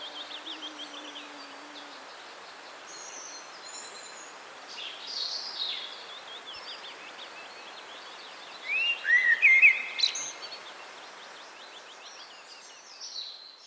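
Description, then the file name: Common blackbird song: a brief fluty phrase with a twittering end late, over a steady background of other birds chirping. "Turdus merula"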